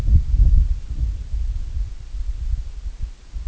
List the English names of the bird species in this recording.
none